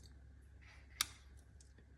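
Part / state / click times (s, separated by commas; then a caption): plastic knob onto pocket synth case / seated / 1.0 s. A second plastic knob is pressed by hand onto the larger side of an OP-Mini pocket synth case for a Pocket Operator, giving one sharp, clear click at 1.0 s over a quiet low hum. The knob is seated in place.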